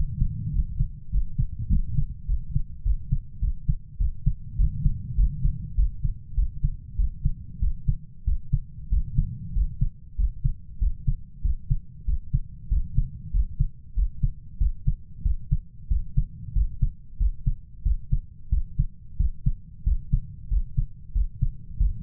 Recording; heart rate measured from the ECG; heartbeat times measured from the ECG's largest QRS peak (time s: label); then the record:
heart sounds by stethoscope; 96 bpm
0.54 s: heartbeat
1.12 s: heartbeat
1.70 s: heartbeat
2.28 s: heartbeat
2.85 s: heartbeat
3.42 s: heartbeat
4.00 s: heartbeat
4.59 s: heartbeat
5.18 s: heartbeat
5.78 s: heartbeat
6.37 s: heartbeat
6.99 s: heartbeat
7.62 s: heartbeat
8.27 s: heartbeat
8.92 s: heartbeat
9.56 s: heartbeat
10.19 s: heartbeat
10.81 s: heartbeat
11.44 s: heartbeat
12.08 s: heartbeat
12.71 s: heartbeat
13.34 s: heartbeat
13.97 s: heartbeat
14.61 s: heartbeat
15.25 s: heartbeat
15.91 s: heartbeat
16.56 s: heartbeat
17.20 s: heartbeat
17.85 s: heartbeat
18.52 s: heartbeat
19.20 s: heartbeat
19.86 s: heartbeat
20.51 s: heartbeat
21.15 s: heartbeat
21.80 s: heartbeat
From the record:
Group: healthy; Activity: rest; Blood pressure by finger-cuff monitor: 139/75 mmHg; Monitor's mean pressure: 93 mmHg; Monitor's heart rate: 95 bpm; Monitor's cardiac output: 8.3 L/min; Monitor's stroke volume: 86 mL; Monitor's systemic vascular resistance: 850 dyn s/cm5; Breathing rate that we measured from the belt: 15 breaths a minute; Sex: male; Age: 21 years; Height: 175 cm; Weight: 72.6 kg